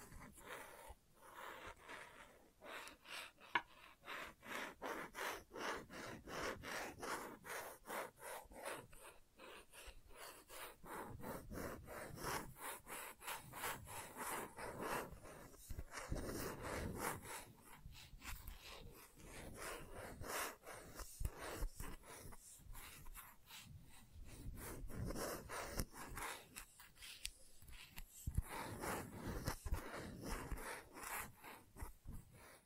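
Gentle scratching goes on throughout, a dense run of quick, dry strokes that rasp and rub like nails on wood. The strokes come fast and fairly regular, with brief lulls around the middle and near the end before picking up again.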